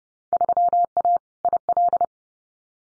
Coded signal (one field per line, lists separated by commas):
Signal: Morse code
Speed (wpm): 30 wpm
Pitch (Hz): 700 Hz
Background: none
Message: 3A IL